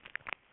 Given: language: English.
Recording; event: throat vibration sensor signal played as sound; swallow